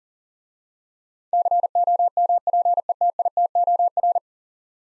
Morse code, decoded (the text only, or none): COMPETITOR